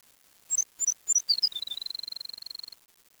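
Bird song: three high paired chirps, then descending notes sliding into a rapid, even trill held for about a second before stopping, over a quiet background.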